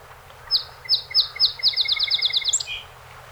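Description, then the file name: Song sparrow song, spaced introductory notes accelerating into a long rapid trill, finishing with a brief buzzy note. One of 48 songs recorded on 7 June 2018. "2018-06-07 Song Sp 48 Songs"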